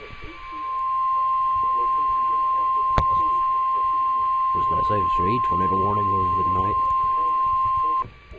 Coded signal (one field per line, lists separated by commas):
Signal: Emergency Alert System (SAME) tones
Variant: 1050 Hz attention tone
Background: speech